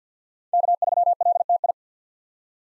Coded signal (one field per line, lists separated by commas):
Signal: Morse code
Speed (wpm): 45 wpm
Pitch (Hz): 700 Hz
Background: none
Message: K3LTI